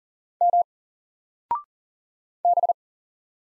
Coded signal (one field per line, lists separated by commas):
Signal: Morse code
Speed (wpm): 40 wpm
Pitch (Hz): 700 Hz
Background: none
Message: M B